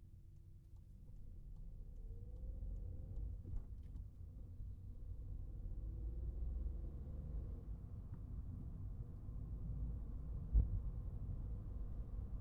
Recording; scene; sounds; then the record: everyday scene through a hearing-aid microphone; in a vehicle; engine, traffic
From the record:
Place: Skoda Fabia, gasoline engine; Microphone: behind the ear, right, front